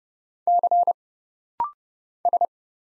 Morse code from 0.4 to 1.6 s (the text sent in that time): C